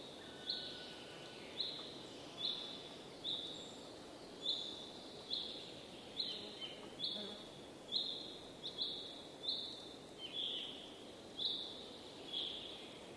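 Seasonal outdoor ambience with birds: one bird repeats a short, bright, high call about every second, in a steady, regular rhythm throughout. Underneath runs a constant low, soft rumble of background noise, with faint other bird notes now and then.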